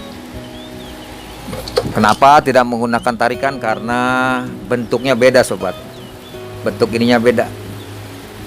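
A part is being fitted into the motor housing of a Maspion PW-458 electric fan during reassembly of the dead fan's motor, done without a puller because the part's shape is different. Someone talks over faint background sound while the part is handled. Nothing has seated or clicked yet.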